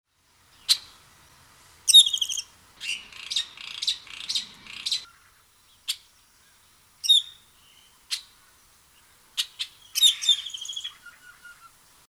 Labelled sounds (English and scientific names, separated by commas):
Scarlet-headed Blackbird (Amblyramphus holosericeus)